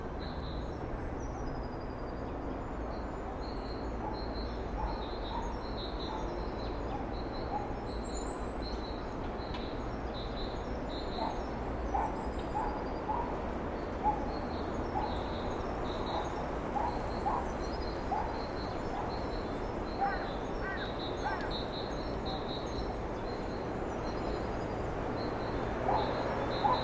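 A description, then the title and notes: Birdsong in a Black Forest nature reserve, with short high chirps and trills repeating steadily through the clip. A constant low rumble runs underneath. Brief mid-pitched calls and a few louder notes near twenty seconds stand out from the bed of sound. Heute nehme ich Euch mit in ein Naturschutzgebiet im Schwarzwald. A nature reserve in the Black Forest.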